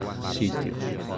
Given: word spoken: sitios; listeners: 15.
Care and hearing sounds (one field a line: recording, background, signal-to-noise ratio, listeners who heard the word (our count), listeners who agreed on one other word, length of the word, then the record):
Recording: one Spanish word in noise, from a listening test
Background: eight-talker babble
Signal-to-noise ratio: -0.5 dB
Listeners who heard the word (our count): 5 of 15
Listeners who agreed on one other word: 6 of 15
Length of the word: 0.79 s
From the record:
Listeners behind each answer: 6, 5, 1, 1, 1, 1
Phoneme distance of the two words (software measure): 7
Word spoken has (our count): 2 syllables, 6 phonemes, stress on syllable 1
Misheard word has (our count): 2 syllables, 5 phonemes, stress on syllable 1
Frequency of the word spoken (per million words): 24.36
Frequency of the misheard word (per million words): 83.74